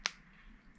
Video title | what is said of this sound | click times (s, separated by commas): Don't get a cheap Bleeding Edge Adapter - SRAM | okay so there's a little click there I'm going to give it half a turn or a whole turn actually to the left | 0.1 s